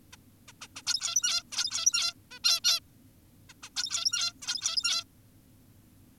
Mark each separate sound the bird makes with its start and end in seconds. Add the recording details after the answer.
0.13-0.16, 0.48-0.52, 0.62-0.68, 0.76-0.82, 0.87-1.43, 1.52-2.14, 2.31-2.39, 2.44-2.60, 2.64-2.80, 3.50-3.54, 3.63-3.70, 3.76-4.33, 4.42-5.04. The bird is an adult. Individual g17y2U